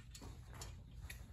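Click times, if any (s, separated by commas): 1.1 s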